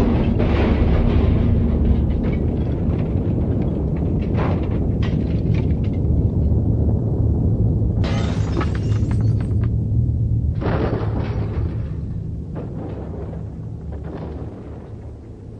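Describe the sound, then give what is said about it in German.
The speakers' car collapsing into scrap after its engine gives out: a long, heavy rumbling crash full of clattering metal and scattered impacts, with two sharp bursts of breaking debris partway through, slowly fading at the end. “Das war mal unser Auto. Aber das kann doch nicht sein. Auseinandergefallen. Wie Schrott.”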